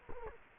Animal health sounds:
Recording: mosquito wingbeat signal from an infrared sensor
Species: Culex quinquefasciatus

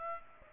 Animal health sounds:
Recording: mosquito wingbeat signal from an infrared sensor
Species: Aedes aegypti

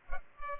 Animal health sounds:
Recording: mosquito wingbeat signal from an infrared sensor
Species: Culex pipiens

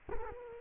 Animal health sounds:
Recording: mosquito wingbeat signal from an infrared sensor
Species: Culex quinquefasciatus

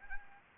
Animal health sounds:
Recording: mosquito wingbeat signal from an infrared sensor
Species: Anopheles gambiae

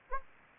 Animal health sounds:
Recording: mosquito wingbeat signal from an infrared sensor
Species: Anopheles gambiae

